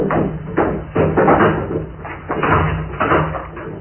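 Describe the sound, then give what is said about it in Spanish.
A door in a castle, fastened only by a bolt, is unlatched: the latch rattles and clunks as the bolt is slid back, followed by the wooden creak and knock of the door being pulled open, in a series of uneven bursts. “Para su fortuna, la puerta solo tiene puesto un cerrojo y ya que la han abierto penetran a un cuarto grande y lóbrego”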